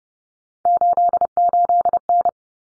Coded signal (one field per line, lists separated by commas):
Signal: Morse code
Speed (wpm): 30 wpm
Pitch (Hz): 700 Hz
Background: none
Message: 88N